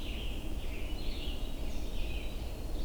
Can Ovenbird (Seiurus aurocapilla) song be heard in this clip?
no